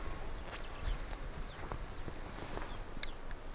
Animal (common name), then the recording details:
Arctic Fox. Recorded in the wild. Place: Insel Mednyi, Kommandeur-Inseln, RU. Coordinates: 54.5167, 168.083. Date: 1999-07-09. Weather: 8°C, starker Westwind. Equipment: Sony WM-D6C, Sennheiser ME 80, K 30 AV, Windkorb, Kopie Sony TCD-D8. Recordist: Jakupi, Antje. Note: Südosten der Insel, nordwestliches Nachbartal des Hüttentals: Eine Bellstrophe 20 - 30 m unterhalb des Nordwestgrats des nordwestlichen Nachbartals. Tier läuft in Richtung Hüttental. Entfernung ca. 200 m